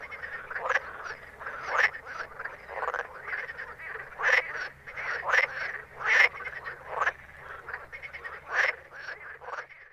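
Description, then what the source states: Several frogs croaking, harsh rasping calls at uneven intervals, a few louder croaks rising above the group. Recorded at night in Ruaudin in 2013.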